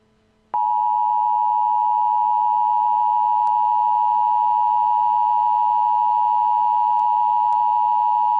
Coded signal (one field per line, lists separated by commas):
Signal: Emergency Alert System (SAME) tones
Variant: 853 and 960 Hz attention tone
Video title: EAS Alert: Ebola in the States